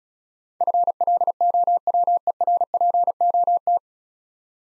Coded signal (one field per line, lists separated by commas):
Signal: Morse code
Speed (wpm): 35 wpm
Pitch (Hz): 700 Hz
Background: none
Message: FLOWERPOT